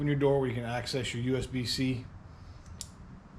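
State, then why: Released. Someone talks, then the plastic side access door of an action camera is pulled off the camera body to reach the USB-C port. A single sharp click is heard at 2.8 s as the door pops off and comes free.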